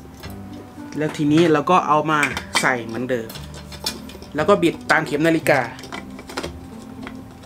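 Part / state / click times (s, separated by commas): lantern base section into lantern body / not seated / none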